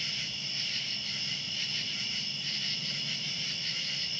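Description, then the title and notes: Cicadas droning together in one unbroken, shrill, even buzz with little change across the whole stretch and a soft low hum underneath. Cicadas calling outdoors at night. "Ext. Cicadas, Night by Bandeto"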